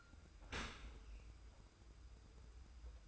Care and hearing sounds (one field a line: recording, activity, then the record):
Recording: daily activity, microphone in the room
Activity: open dishwasher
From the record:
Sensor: 2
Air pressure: 990.3 hPa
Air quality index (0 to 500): 210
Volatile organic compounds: 1000 ppm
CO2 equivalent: 6745 ppm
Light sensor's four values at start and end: 28/67/27/27 and 28/66/27/27